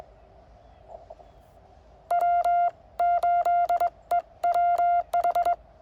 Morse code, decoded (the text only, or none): W8EWH